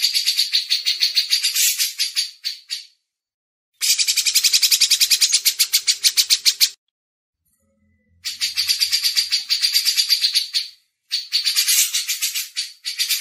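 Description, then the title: Grey-cheeked bulbul pouring out repeated harsh chattering runs of rapid buzzy pulses, separated by short silent breaks. Masteran recording. "MASTERAN CUCAK JENGGOT"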